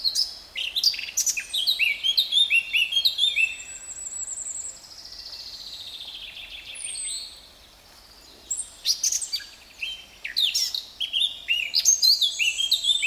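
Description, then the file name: Eurasian blackcap song phrases: scratchy warbling runs ending in fluted whistles, a smooth falling whistle in between, then two more bursts of chattering, fluty song. "Sylvia atricapilla"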